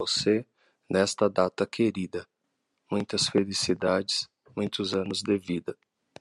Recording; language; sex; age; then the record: short text; Brazilian Portuguese; male; 40 to 49 years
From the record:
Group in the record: control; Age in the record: 48 years